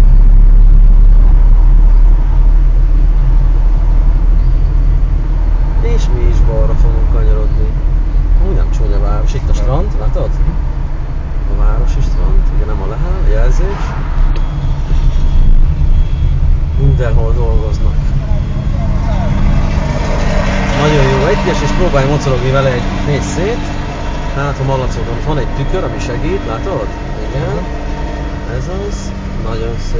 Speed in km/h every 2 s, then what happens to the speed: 29, 30, 31, 31, 30, 27, 23, 20, 16, 11, 6, 4, 4, 4, 5.
0-8 steady at about 30. 8-22 slows to 4. 22-30 steady at about 4.